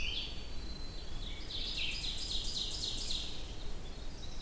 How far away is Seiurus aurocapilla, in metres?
about 50 m